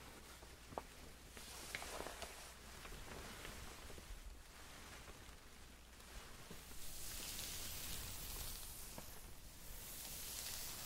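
Makeup sounds: small tweezer-like clicks and taps come every couple of seconds over a soft steady hiss that grows brighter and louder after seven seconds.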